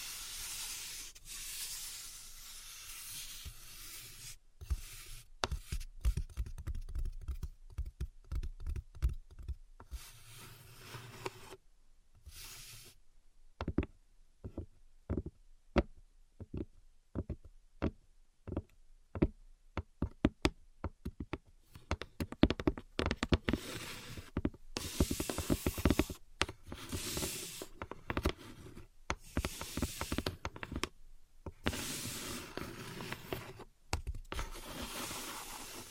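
Invisible tapping and scratching: bursts of soft hissing scratches alternate with runs of crisp, quick taps. Around the middle, from about 13 to 22 seconds, the taps come as separate sharp clicks with silence between, then dense scratching and tapping return.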